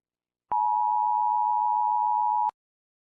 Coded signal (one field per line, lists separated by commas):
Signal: Emergency Alert System (SAME) tones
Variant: 853 and 960 Hz attention tone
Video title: Fake EAS - Alien Invasion Prank 2026 [No Comments]